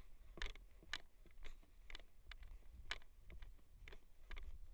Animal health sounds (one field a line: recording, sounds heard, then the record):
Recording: poultry house recording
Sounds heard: no chicken sound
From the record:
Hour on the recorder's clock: 23